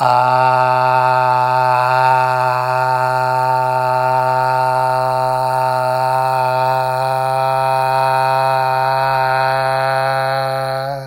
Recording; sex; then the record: sustained vowel /a/; male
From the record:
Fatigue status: no fatigue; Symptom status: asymptomatic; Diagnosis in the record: COVID-19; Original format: m4a